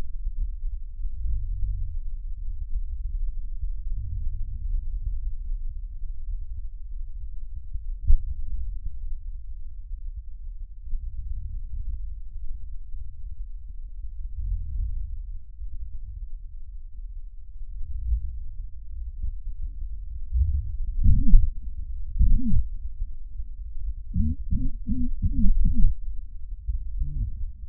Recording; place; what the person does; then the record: lung sounds by stethoscope; right posterior basal chest; quiet breathing, then cough and speech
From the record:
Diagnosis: COPD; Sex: male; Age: 70 years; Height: 170 cm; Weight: 74 kg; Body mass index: 25.6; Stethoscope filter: bell mode